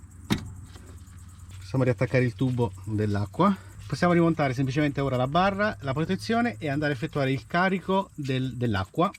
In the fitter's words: L'altro connettore invece è semplicemente a incastro. Sentiremo un click.